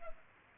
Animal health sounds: mosquito wingbeat signal from an infrared sensor; Culex pipiens

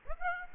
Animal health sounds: mosquito wingbeat signal from an infrared sensor; Aedes aegypti

